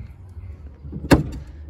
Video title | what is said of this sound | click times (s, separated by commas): Midnight Blue Western Elegante 4-Passenger Golf Cart Virtual Test Drive | and push it down locks into place | 1.1 s